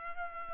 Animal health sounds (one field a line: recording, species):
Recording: mosquito wingbeat signal from an infrared sensor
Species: Culex pipiens